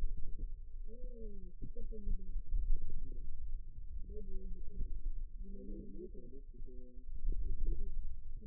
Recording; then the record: forearm muscle sounds (acoustic myography)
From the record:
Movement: pen grasping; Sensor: system 2, bracelet of six BSWA MPA416 microphones around the upper forearm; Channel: 4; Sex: female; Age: 21 years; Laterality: right